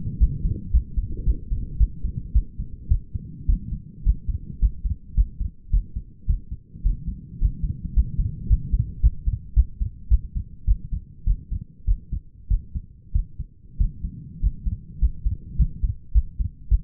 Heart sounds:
heart sounds by stethoscope; 105 bpm
0.19 s: heartbeat
0.73 s: heartbeat
1.26 s: heartbeat
1.79 s: heartbeat
2.34 s: heartbeat
2.90 s: heartbeat
3.48 s: heartbeat
4.05 s: heartbeat
4.61 s: heartbeat
5.16 s: heartbeat
5.72 s: heartbeat
6.28 s: heartbeat
6.84 s: heartbeat
7.40 s: heartbeat
7.95 s: heartbeat
8.49 s: heartbeat
9.02 s: heartbeat
9.55 s: heartbeat
10.10 s: heartbeat
10.66 s: heartbeat
11.26 s: heartbeat
11.86 s: heartbeat
12.49 s: heartbeat
13.13 s: heartbeat
13.79 s: heartbeat
14.41 s: heartbeat
15.00 s: heartbeat
15.57 s: heartbeat
16.13 s: heartbeat
16.70 s: heartbeat
From the record:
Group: healthy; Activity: rest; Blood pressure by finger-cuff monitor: 123/72 mmHg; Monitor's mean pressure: 87 mmHg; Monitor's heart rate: 107 bpm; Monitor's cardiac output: 8.2 L/min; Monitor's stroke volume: 78 mL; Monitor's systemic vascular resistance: 770 dyn s/cm5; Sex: female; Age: 37 years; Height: 168 cm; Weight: 70 kg

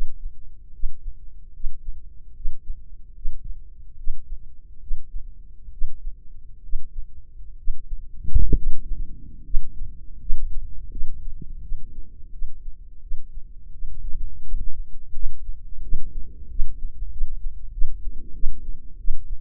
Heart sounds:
heart sounds by microphone in the left ear; 79 bpm
0.72 s: heartbeat
1.52 s: heartbeat
2.34 s: heartbeat
3.14 s: heartbeat
3.96 s: heartbeat
4.80 s: heartbeat
5.71 s: heartbeat
6.62 s: heartbeat
7.56 s: heartbeat
8.54 s: heartbeat
9.43 s: heartbeat
10.18 s: heartbeat
10.89 s: heartbeat
11.61 s: heartbeat
12.31 s: heartbeat
13.00 s: heartbeat
13.71 s: heartbeat
14.43 s: heartbeat
15.12 s: heartbeat
15.81 s: heartbeat
16.48 s: heartbeat
17.10 s: heartbeat
17.71 s: heartbeat
18.33 s: heartbeat
18.97 s: heartbeat
From the record:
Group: healthy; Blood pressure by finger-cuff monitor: 106/60 mmHg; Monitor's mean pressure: 73 mmHg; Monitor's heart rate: 75 bpm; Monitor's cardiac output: 6.4 L/min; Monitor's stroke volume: 86 mL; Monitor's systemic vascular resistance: 800 dyn s/cm5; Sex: female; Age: 22 years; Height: 157 cm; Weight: 47.6 kg

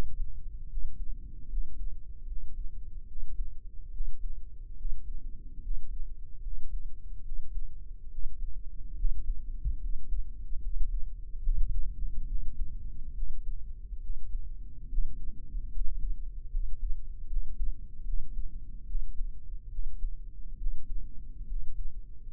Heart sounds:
heart sounds by microphone in the right ear; 72 bpm
0.66 s: heartbeat
1.46 s: heartbeat
2.24 s: heartbeat
3.05 s: heartbeat
3.89 s: heartbeat
4.74 s: heartbeat
5.59 s: heartbeat
6.40 s: heartbeat
7.21 s: heartbeat
8.07 s: heartbeat
8.93 s: heartbeat
9.78 s: heartbeat
10.59 s: heartbeat
11.39 s: heartbeat
12.24 s: heartbeat
13.12 s: heartbeat
13.98 s: heartbeat
14.86 s: heartbeat
15.69 s: heartbeat
16.49 s: heartbeat
17.25 s: heartbeat
18.02 s: heartbeat
18.84 s: heartbeat
19.67 s: heartbeat
20.55 s: heartbeat
21.44 s: heartbeat
22.28 s: heartbeat
From the record:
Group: healthy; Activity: cold pressor test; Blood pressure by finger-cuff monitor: 136/80 mmHg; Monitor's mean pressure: 97 mmHg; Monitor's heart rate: 72 bpm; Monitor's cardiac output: 7.7 L/min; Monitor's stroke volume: 106 mL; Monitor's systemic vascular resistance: 910 dyn s/cm5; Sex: male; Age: 23 years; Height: 178 cm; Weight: 96.6 kg

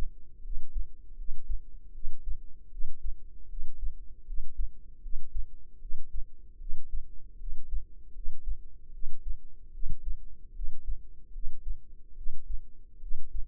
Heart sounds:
heart sounds by microphone in the left ear; 76 bpm
0.41 s: heartbeat
1.15 s: heartbeat
1.92 s: heartbeat
2.69 s: heartbeat
3.47 s: heartbeat
4.24 s: heartbeat
5.00 s: heartbeat
5.79 s: heartbeat
6.58 s: heartbeat
7.37 s: heartbeat
8.12 s: heartbeat
8.91 s: heartbeat
9.71 s: heartbeat
10.53 s: heartbeat
11.32 s: heartbeat
12.15 s: heartbeat
12.99 s: heartbeat
From the record:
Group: healthy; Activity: rest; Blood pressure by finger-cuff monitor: 121/81 mmHg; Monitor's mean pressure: 93 mmHg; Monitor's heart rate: 77 bpm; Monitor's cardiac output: 5.6 L/min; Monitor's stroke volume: 74 mL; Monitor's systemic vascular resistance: 1210 dyn s/cm5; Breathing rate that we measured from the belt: 18 breaths a minute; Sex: female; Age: 22 years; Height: 160 cm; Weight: 45 kg

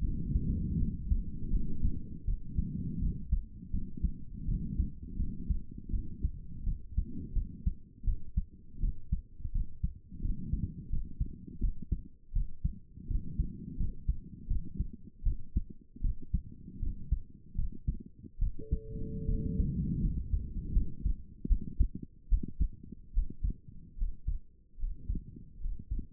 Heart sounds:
heart sounds by stethoscope; 80 bpm
0.01 s: heartbeat
0.77 s: heartbeat
1.50 s: heartbeat
2.25 s: heartbeat
2.99 s: heartbeat
3.70 s: heartbeat
4.45 s: heartbeat
5.16 s: heartbeat
5.90 s: heartbeat
6.63 s: heartbeat
7.33 s: heartbeat
8.04 s: heartbeat
8.80 s: heartbeat
9.52 s: heartbeat
10.21 s: heartbeat
10.89 s: heartbeat
11.60 s: heartbeat
12.33 s: heartbeat
13.07 s: heartbeat
13.77 s: heartbeat
14.47 s: heartbeat
15.23 s: heartbeat
16.01 s: heartbeat
16.79 s: heartbeat
17.55 s: heartbeat
18.38 s: heartbeat
19.25 s: heartbeat
20.00 s: heartbeat
20.71 s: heartbeat
21.47 s: heartbeat
22.28 s: heartbeat
23.13 s: heartbeat
23.97 s: heartbeat
24.78 s: heartbeat
25.60 s: heartbeat
From the record:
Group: healthy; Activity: rest 0-17 s, Valsalva maneuver 17-26 s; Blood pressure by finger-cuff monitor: 126/68 mmHg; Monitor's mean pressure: 86 mmHg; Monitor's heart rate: 80 bpm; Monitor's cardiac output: 7.3 L/min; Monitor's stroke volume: 94 mL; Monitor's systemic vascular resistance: 870 dyn s/cm5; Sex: female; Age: 22 years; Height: 154 cm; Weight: 58.7 kg

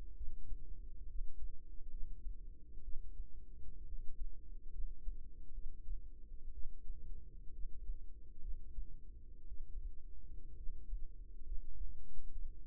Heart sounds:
heart sounds by microphone in the right ear; 64 bpm
0.16 s: heartbeat
1.08 s: heartbeat
1.90 s: heartbeat
2.84 s: heartbeat
3.86 s: heartbeat
4.71 s: heartbeat
5.54 s: heartbeat
6.53 s: heartbeat
7.52 s: heartbeat
8.40 s: heartbeat
9.47 s: heartbeat
10.56 s: heartbeat
11.44 s: heartbeat
12.32 s: heartbeat
From the record:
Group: healthy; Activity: rest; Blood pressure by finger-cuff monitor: 95/61 mmHg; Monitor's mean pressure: 71 mmHg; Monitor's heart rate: 65 bpm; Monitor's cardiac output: 5.1 L/min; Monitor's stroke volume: 78 mL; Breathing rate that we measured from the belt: 18 breaths a minute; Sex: female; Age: 36 years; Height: 163 cm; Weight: 88 kg

